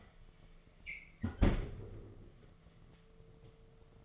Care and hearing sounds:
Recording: daily activity, microphone in the room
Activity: close fridge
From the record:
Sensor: 4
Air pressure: 1015.9 hPa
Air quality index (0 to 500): 194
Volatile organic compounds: 10 ppm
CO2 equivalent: 2236 ppm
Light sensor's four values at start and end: 10/24/10/10 and 17/39/17/17

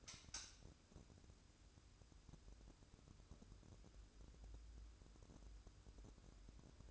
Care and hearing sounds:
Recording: daily activity, microphone in the room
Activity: light off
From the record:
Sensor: 2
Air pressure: 1007.7 hPa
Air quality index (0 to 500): 88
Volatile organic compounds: 1 ppm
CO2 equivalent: 672 ppm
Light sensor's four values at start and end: 12/34/14/13 and 16/49/19/19

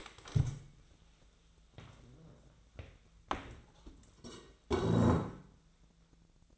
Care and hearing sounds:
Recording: daily activity, microphone in the room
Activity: stand up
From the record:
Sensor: 3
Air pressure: 1000.4 hPa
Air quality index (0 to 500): 171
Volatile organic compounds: 3 ppm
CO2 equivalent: 1488 ppm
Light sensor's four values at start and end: 14/32/14/14 and 13/31/13/14

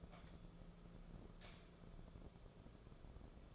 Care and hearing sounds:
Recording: daily activity, microphone in the room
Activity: light on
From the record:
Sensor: 5

